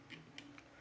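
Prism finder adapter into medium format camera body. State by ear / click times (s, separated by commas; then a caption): seated / 0.4 s. A 3D-printed plastic prism finder adapter is slid into a medium format camera body until its small lock knob snaps into place. Three short clicks are heard, and the loudest at 0.4 s is the knob snapping in, leaving the adapter seated and fixed. A softer tick comes just before it and another just after.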